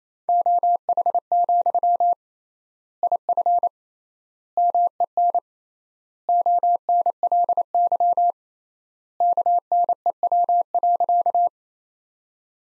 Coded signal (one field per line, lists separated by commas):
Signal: Morse code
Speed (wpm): 28 wpm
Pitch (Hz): 700 Hz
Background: none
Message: OH, IF MEN ONLY KNEW.